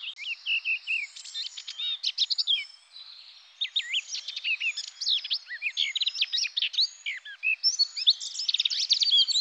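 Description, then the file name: Eurasian blackcap song: rapid scratchy warbling mixed with clear whistled notes, with a brief quieter spell early on. "Fauvette-à-tête-noire"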